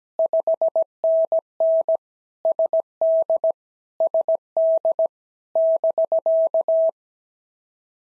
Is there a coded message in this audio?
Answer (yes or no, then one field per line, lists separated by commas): yes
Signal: Morse code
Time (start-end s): 0.2-6.9 s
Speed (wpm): 17 wpm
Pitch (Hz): 650 Hz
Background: none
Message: 5NN SD SD <BK>